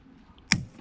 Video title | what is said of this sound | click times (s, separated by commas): MK4 VOLKSWAGEN GOLF GTI: HOW TO INSTALL COILOVERS | a click and then you know that you've got the desired torque setting for that arrangement | 0.5 s